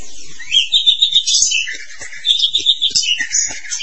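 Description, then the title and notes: Starling song: a quick, chattering run of squeaky and buzzy notes. "suara burung jalak"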